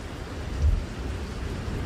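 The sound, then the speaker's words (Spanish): Sea waves wash in a steady, hissing roar with a deep rumble underneath, swelling briefly in the middle before settling back to a constant surge. No voices. “Aquí tenemos sonido del mar.”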